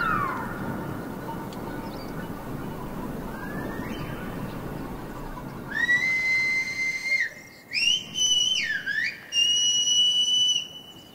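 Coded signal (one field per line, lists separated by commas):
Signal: whistled language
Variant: Silbo Gomero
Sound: outdoor hiss, then loud piercing whistles rising and falling in pitch, several phrases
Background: wind or outdoor noise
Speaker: le langage sifflé de la Gomera fut relégué à une habilité ancestrale propre d'un groupe réduit de [Musique] personn le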